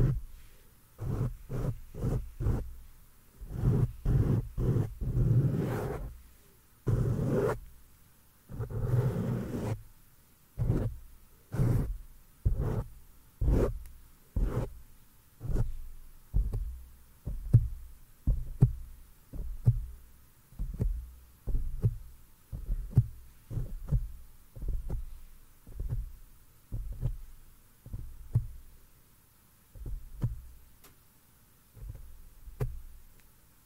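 Close, dull thumps of fingers touching a microphone, with soft hand movements. For the first ten seconds the taps are heavier and bunched, with rubbing bursts near 5 and 9 seconds. After that, a steady, regular pattern of light, low taps continues, roughly two per second, over a faint hum.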